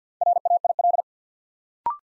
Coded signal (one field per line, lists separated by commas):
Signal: Morse code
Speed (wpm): 50 wpm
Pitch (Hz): 700 Hz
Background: none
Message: RAIL